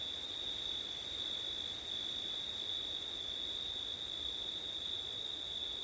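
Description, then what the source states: Crickets trilling continuously in a dense, even, high-pitched drone with a thin upper shimmer that breaks once briefly, over soft hiss. Crickets singing on a September night, with wind; ORTF microphone setup.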